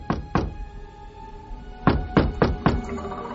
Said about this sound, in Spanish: Pero había algo que aterrorizaba aún más a las personas hasta hace no tanto tiempo en la España ancestral, en muchas provincias. A veces ocurría que alguien llamaba a la puerta.